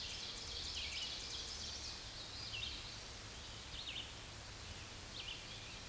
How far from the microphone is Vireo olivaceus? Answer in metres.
about 70 m